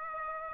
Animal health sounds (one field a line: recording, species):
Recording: mosquito wingbeat signal from an infrared sensor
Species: Aedes aegypti